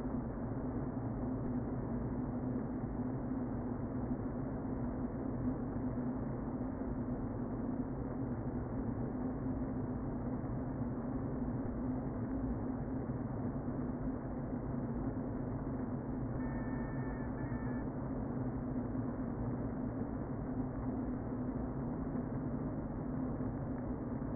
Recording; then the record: honeybee colony, microphone inside the hive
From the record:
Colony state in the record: queen present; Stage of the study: before two queens were removed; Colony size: about 60,000 bees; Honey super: yes